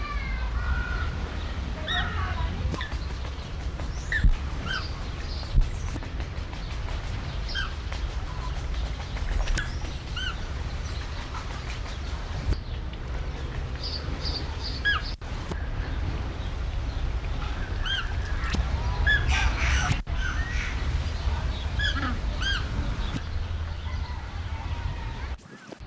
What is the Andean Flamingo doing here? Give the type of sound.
call